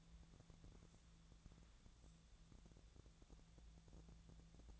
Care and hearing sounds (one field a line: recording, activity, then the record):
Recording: daily activity, microphone in the room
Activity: wipe stove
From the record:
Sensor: 3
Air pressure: 1000.5 hPa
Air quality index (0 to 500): 180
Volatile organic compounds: 4 ppm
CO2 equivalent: 1558 ppm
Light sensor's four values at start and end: 12/29/12/13 and 12/29/12/13